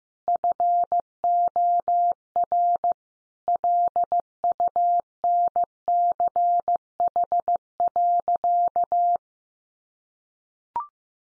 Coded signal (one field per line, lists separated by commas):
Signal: Morse code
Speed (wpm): 15 wpm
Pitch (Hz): 700 Hz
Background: none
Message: FOR LUNCH.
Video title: Easy Phrases 15wpm